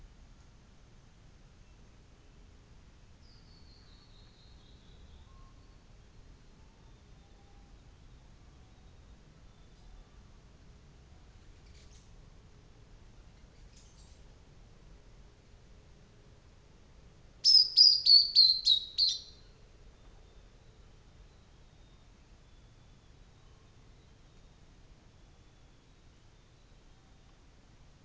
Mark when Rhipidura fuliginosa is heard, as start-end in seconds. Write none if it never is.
none